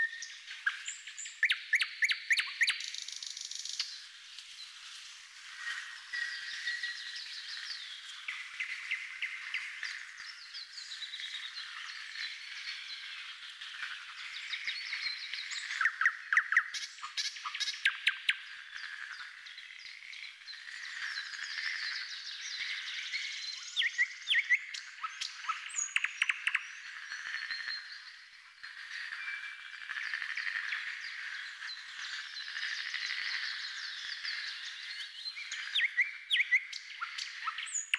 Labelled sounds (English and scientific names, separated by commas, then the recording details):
Thrush Nightingale (Luscinia luscinia) song
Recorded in the wild
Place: Telehany, BY
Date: 2005-05-24
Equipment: Minidisc Sony MZ-R35, Telinga DAT, Telinga-Parabolspiegel
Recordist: Schwarz, Dieter